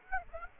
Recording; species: mosquito wingbeat signal from an infrared sensor; Aedes aegypti